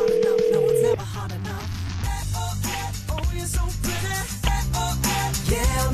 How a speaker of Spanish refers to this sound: Estoy marcando de nueva cuenta. Si vuelve a contestar, por favor, entras tú, ¿ok?